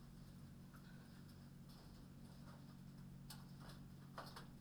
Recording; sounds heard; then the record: poultry house recording; no chicken sound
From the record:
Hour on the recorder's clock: 23